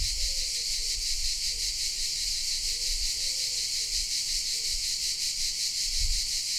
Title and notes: Parco della Certosa - Cicale nel parco della Certosa. Registrazione all'ombra dei pini nel parco della Certosa di Padula. Principalmente biofonie prodotte da cicale e corvi